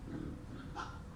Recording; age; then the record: pig call; growing-finishing pig (85 days or more)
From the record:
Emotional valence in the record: positive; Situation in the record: run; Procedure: transit